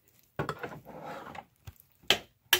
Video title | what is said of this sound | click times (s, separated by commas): Unboxing Installing and Testing a 4K monitor Model U2790VQ by AOC | you see that and you hear it a click, click, click. | 0.4 s, 2.1 s, 2.5 s